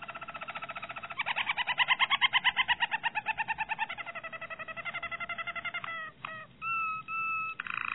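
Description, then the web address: Harz Roller canary song: a long rapid rolling trill that pulses evenly, shifts into smoother rolls, then ends with sustained flute-like whistled notes. "~joaopt canarios racas canto harzers"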